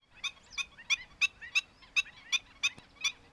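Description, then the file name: Black-winged stilt giving sharp, yapping kek notes, about three a second in an even series of nine, with a quiet background. "Himantopus himantopus"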